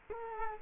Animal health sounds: mosquito wingbeat signal from an infrared sensor; Culex quinquefasciatus

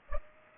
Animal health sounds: mosquito wingbeat signal from an infrared sensor; Culex pipiens

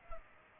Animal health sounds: mosquito wingbeat signal from an infrared sensor; Culex pipiens

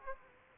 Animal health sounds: mosquito wingbeat signal from an infrared sensor; Aedes aegypti

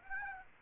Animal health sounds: mosquito wingbeat signal from an infrared sensor; Aedes aegypti

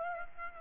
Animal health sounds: mosquito wingbeat signal from an infrared sensor; Aedes aegypti

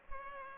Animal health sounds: mosquito wingbeat signal from an infrared sensor; Culex pipiens

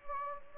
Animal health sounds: mosquito wingbeat signal from an infrared sensor; Anopheles gambiae

